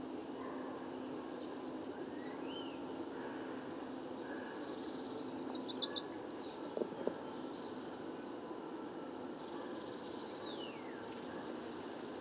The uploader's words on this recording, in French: Bois de Vincennes. Nagra seven - Parabole Wiltronic mono. Chant de Pinson des arbres (Fringilla coelebs). Le beau temps des derniers jours incite beaucoup d'oiseaux à chanter. Le chant est un peu confus et moins puissant que le chant type.